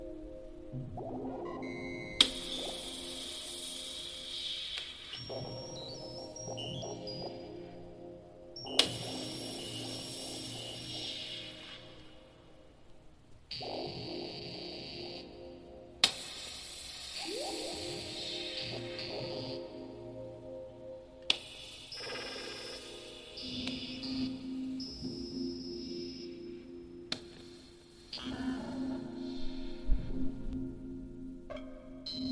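Passing through sections of passageway, a layered machine hum with steady tones shifts every few seconds as new monitors and devices come in and drop out. Bright hissing bursts start and stop abruptly, and scattered sharp clicks and footfalls land now and then.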